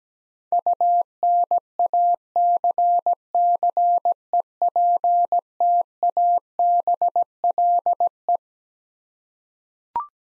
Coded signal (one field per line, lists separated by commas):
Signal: Morse code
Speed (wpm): 17 wpm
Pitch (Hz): 700 Hz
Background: none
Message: UNACCEPTABLE